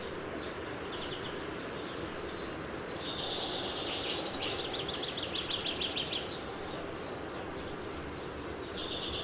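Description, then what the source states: Eurasian reed warbler song, a run of scratchy, chattering repeated notes loudest midway, over a constant heavy rushing noise. Recorded at Lyngs.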